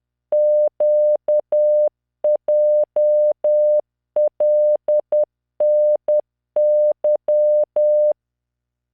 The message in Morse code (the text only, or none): QJLNY